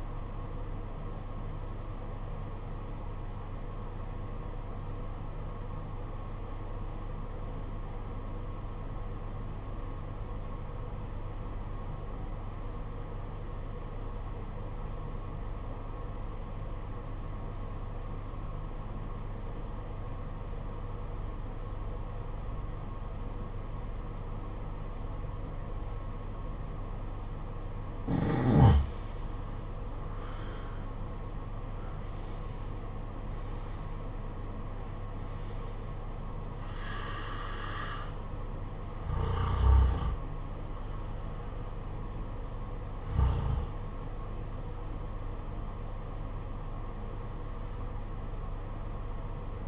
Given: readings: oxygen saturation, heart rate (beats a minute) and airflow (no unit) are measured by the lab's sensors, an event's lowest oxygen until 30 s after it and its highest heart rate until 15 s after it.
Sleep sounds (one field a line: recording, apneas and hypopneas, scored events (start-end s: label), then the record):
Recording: breathing in sleep by a smartphone at the bedside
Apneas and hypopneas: 1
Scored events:
5.00-29.30 s: obstructive apnea (N1, oxygen 95% highest, then 83% lowest, heart rate 49 at the start, 60 highest)
From the record:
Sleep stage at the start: N1 (lightest sleep)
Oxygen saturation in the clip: 75 to 95%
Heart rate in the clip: 49 to 60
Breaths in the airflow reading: 6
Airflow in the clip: -12.4 to 12.7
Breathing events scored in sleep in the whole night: 476 in 9.7 hours asleep